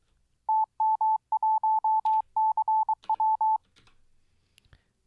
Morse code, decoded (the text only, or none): TM1CW